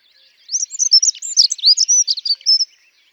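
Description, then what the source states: Dunnock singing one rapid, high-pitched warbling phrase of about two seconds, a thin jangle of fast tumbling notes. Often winters here; sings often in spring; shy and constantly moving; also called « traîne-buisson » locally.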